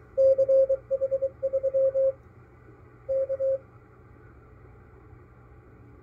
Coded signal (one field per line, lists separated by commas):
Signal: Morse code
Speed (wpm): 22 wpm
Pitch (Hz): 540 Hz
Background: none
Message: CH3 K